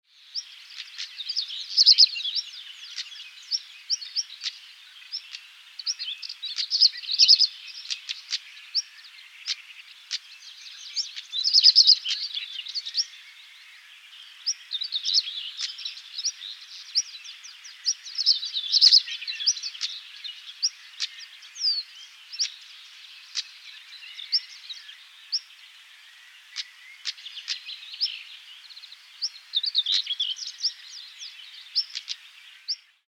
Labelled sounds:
European Stonechat (Saxicola rubicola)

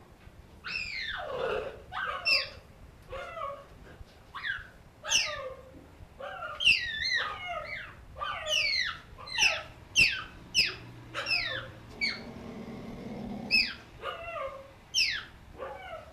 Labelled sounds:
Cheetah (Acinonyx jubatus) call

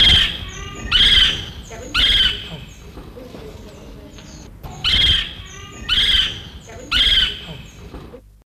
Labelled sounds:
Black-cheeked Woodpecker (Melanerpes pucherani) call

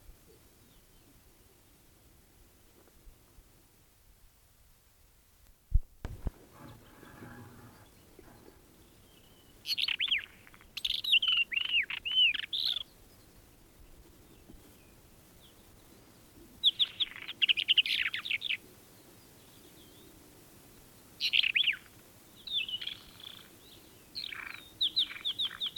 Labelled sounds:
Isabelline Wheatear (Oenanthe isabellina) song

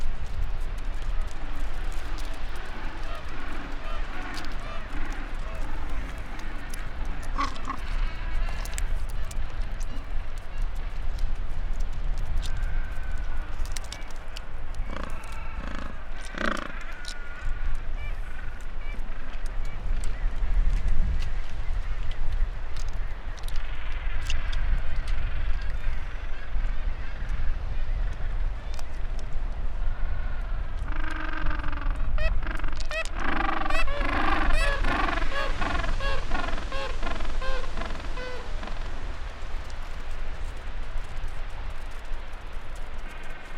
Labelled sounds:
Gentoo Penguin (Pygoscelis papua) call

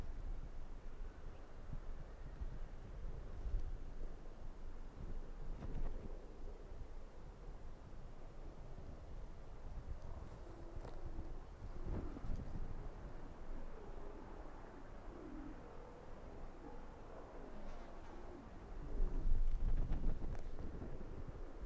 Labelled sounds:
Arctic Fox (Vulpes lagopus)

